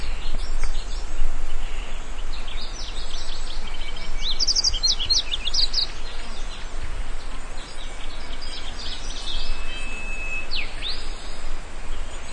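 Yellow-throated bunting calls: scattered high, thin notes, then a brief rapid twittering phrase midway and a few sharp downslurred chirps later, against constant low-pitched background noise.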